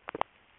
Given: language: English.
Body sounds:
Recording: throat vibration sensor signal played as sound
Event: swallow

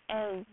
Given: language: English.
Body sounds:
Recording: throat vibration sensor signal played as sound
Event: speech

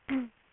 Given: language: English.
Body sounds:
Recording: throat vibration sensor signal played as sound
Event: throat clearing

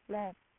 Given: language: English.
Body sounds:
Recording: throat vibration sensor signal played as sound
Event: speech

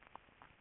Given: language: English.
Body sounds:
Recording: throat vibration sensor signal played as sound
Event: swallow

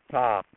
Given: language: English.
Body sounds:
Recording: throat vibration sensor signal played as sound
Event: speech

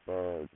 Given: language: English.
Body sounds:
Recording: throat vibration sensor signal played as sound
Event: speech

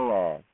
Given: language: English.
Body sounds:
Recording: throat vibration sensor signal played as sound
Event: speech

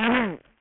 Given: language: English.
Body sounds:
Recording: throat vibration sensor signal played as sound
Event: throat clearing

